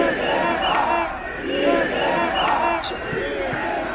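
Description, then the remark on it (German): A crowd of protesters against the Stuttgart 21 railway station project shouting loudly and continuously in response to the arguments of its supporters, many voices overlapping in rising and falling bursts of yells and chants, with no single voice standing out. “Deren Argumentation kommentieren die Demonstranten regelmäßig auf ihre Weise.”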